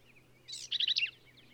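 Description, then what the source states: Black-capped vireo singing one brief, emphatic phrase of rapid warbled and scratchy notes, with soft bird notes before it and a low steady hum. Male singing, same individual throughout; endangered species; phrases sung alone, truncated, embellished or run together; Kerr Wildlife Management Area, Hunt, Texas hill country.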